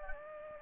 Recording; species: mosquito wingbeat signal from an infrared sensor; Anopheles gambiae